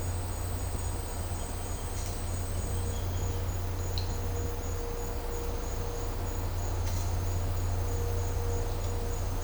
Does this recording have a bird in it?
no